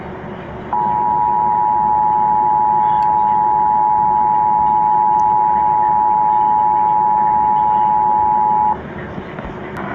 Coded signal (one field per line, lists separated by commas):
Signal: Emergency Alert System (SAME) tones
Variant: 853 and 960 Hz attention tone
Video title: EAS Severe Thunderstorm Warning July 19 2018 3:45 PM